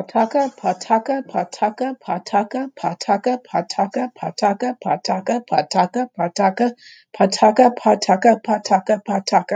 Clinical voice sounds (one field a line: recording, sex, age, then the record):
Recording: repeated syllables /pa ta ka/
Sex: female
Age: 60 to 69 years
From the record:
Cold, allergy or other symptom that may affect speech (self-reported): no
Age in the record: 66 years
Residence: Pennsylvania, United States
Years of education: 19